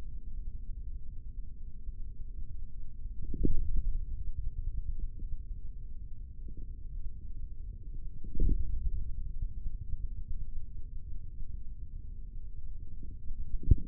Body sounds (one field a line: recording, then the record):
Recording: forearm muscle sounds (acoustic myography)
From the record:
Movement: forearm pronation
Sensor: system 3, bracelet of six PUI Audio POM-2738L microphones around the upper forearm, with dedicated amplification and filtering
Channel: 1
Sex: male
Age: 55 years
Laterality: right